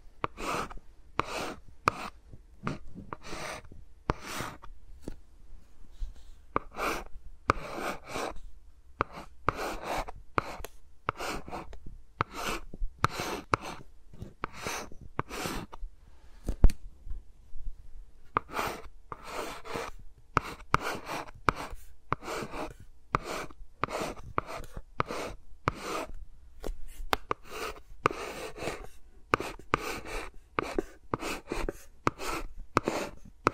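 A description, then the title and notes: Fingers rub and tap around microphones in a no-talking ASMR session, making quick, crisp scratchy bursts that reach high up. The sounds come in rapid, irregular clusters throughout, with brief gaps, over a steady low hum. ASMR with Mics Around My Fingers (No Talking).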